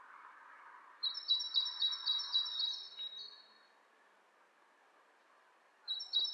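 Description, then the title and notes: Bird calls: a fast, high, chattering run lasting over two seconds, then quiet, then a short burst starting again at the end. Two birds interacting; lo-fi recording. "bird dialogs. lo-fi recording of two birds interacting"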